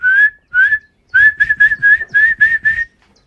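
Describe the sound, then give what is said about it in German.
A person whistles an imitation of a swallow's call by mouth, not from a phone: two short chirps, then a quick run of seven bright, high, slightly warbling notes, loud and with no talking. “Hörst, mach ein Schwalm noch.”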